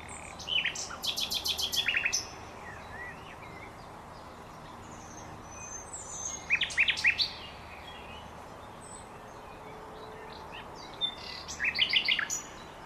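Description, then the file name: Common nightingale delivering three well-spaced phrases, each a rapid rattling series of sharp repeated notes, with quiet gaps of several seconds between them. "Luscinia megarhynchos"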